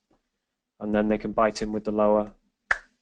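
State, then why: Seated. Someone talks as the plastic trays of a dental sleep appliance are placed on the dental model, the upper tray first, and then the lower tray is bitten into place. A single sharp snap is heard at 2.7 s as the lower tray seats onto the teeth, and the appliance is seated.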